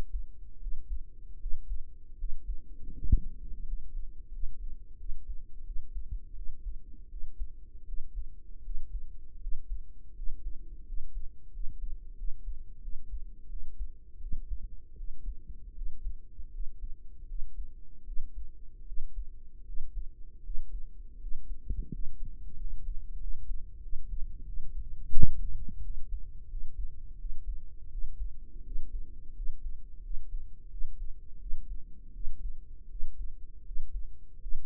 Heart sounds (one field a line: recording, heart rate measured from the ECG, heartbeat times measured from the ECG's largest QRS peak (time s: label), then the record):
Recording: heart sounds by microphone in the right ear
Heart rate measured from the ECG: 83 bpm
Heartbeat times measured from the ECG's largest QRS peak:
0.57 s: heartbeat
1.36 s: heartbeat
2.14 s: heartbeat
2.91 s: heartbeat
3.62 s: heartbeat
4.29 s: heartbeat
4.95 s: heartbeat
5.62 s: heartbeat
6.32 s: heartbeat
7.06 s: heartbeat
7.83 s: heartbeat
8.60 s: heartbeat
9.37 s: heartbeat
10.12 s: heartbeat
10.82 s: heartbeat
11.49 s: heartbeat
12.13 s: heartbeat
12.78 s: heartbeat
13.46 s: heartbeat
14.17 s: heartbeat
14.93 s: heartbeat
15.72 s: heartbeat
16.49 s: heartbeat
17.24 s: heartbeat
18.02 s: heartbeat
18.83 s: heartbeat
19.62 s: heartbeat
20.40 s: heartbeat
21.17 s: heartbeat
21.88 s: heartbeat
22.54 s: heartbeat
23.17 s: heartbeat
23.79 s: heartbeat
24.42 s: heartbeat
25.10 s: heartbeat
25.79 s: heartbeat
26.46 s: heartbeat
27.15 s: heartbeat
27.87 s: heartbeat
28.61 s: heartbeat
29.32 s: heartbeat
30.00 s: heartbeat
30.68 s: heartbeat
31.37 s: heartbeat
32.11 s: heartbeat
32.86 s: heartbeat
33.62 s: heartbeat
34.37 s: heartbeat
From the record:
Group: healthy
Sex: female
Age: 32 years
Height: 168 cm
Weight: 61.9 kg